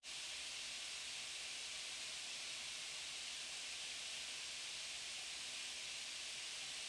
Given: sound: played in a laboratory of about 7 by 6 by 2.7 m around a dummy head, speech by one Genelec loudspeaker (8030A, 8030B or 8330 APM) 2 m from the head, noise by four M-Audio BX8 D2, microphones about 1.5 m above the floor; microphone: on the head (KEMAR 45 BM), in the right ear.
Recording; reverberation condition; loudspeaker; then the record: white noise; medium; four, about 170 cm from the corners of the room and facing them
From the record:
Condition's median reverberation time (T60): about 510 ms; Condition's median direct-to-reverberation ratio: about -0.5 dB